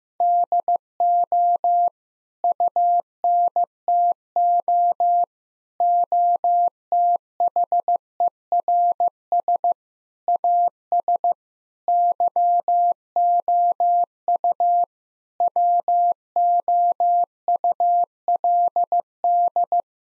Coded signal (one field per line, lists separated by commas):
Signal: Morse code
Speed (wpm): 15 wpm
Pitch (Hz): 700 Hz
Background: none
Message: DO UNTO OTHERS AS YOU WOULD